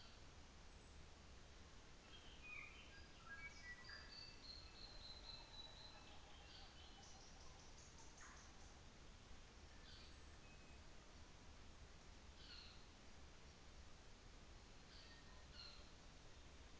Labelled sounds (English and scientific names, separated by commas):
North Island Saddleback (Philesturnus rufusater)